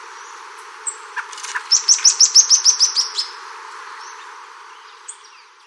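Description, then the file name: Bird call: a quick run of about ten high, clipped chirps, preceded and followed by scattered soft tweets over steady background hiss. "SABIOD 50 bird 2015"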